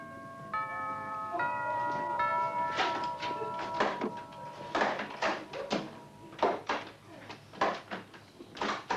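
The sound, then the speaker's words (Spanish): A few ringing chime tones give way to repeated heavy knocking on a door, loud, irregular thumps arriving in quick bursts with short pauses between them, from the film El rey de la comedia (1982), Spanish cinema dub. “¿Pero qué diablos pasa con la puerta?”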